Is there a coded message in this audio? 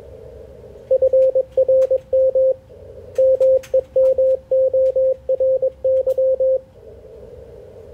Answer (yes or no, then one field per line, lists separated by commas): yes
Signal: Morse code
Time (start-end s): 0.9-6.6 s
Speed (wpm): 21 wpm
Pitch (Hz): 530 Hz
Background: radio noise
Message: FRM MEMORY